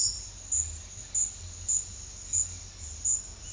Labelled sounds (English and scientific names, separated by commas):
none